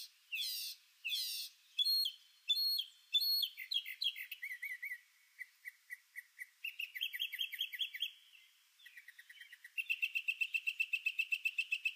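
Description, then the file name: Northern mockingbird song, a fast medley of varied phrases: harsh buzzy notes, clear whistles, then rapid repeated chips and trills, each phrase repeated several times before switching. "Mimus polyglottos Northern Mockingbird"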